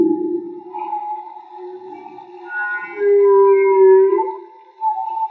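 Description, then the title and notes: Whale song: long sustained tonal moans that hold steady, then a louder low tone swells around three seconds and fades, with higher harmonic wavering notes above. Whale song, field recording made with homemade DIY hydrophones; audio later cleaned. "CANTO DE BALLENAS MAGMA. Grabación de campo y construcción dehidrofonos DIY: Jorge Barco"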